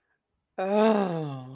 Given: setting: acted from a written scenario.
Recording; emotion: vocal sound without words; romantic love